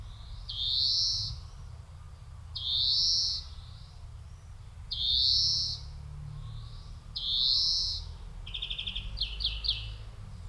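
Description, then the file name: European greenfinch giving long, buzzy, nasal wheezes, each about a second long and repeated roughly every two seconds, ending with a short pulsed trill. "Chloris chloris"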